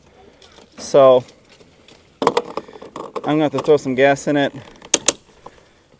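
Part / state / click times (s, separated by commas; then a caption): fuel filler cap on a watercraft fuel tank / torque reached / 4.9 s, 5.1 s, 5.5 s. A fuel filler cap on the gas tank of a 2023 Yamaha FX Cruiser HO WaveRunner is turned closed while someone talks. A few short handling knocks come first, then the cap's ratchet gives three sharp clicks at 4.9, 5.1 and 5.5 seconds. It is properly closed after the three clicks.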